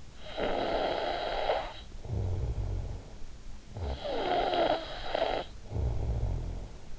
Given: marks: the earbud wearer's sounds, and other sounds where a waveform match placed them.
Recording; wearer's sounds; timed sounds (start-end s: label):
sounds in sleep by an in-ear microphone; snoring breath
0.02-3.25 s: snoring breath
3.54-6.99 s: snoring breath